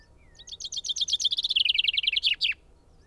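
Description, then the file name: Common chaffinch song: a fast, bright trill of repeated notes that gradually descends, then ends in a quick downward flourish. "Fringilla coelebs"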